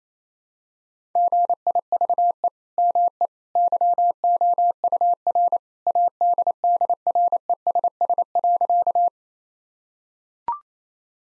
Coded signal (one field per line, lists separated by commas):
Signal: Morse code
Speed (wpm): 28 wpm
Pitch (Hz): 700 Hz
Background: none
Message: GIVE ME YOUR ADDRESS.